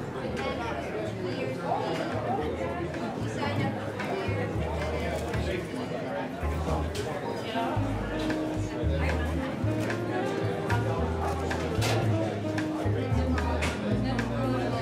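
Seaside cafe ambience with a steady bed of overlapping voices and chatter throughout. A low, pulsing rumble runs underneath, and frequent small clicks and clinks of cups and dishes pop up every second or so, with brief sustained tones around eight and twelve seconds.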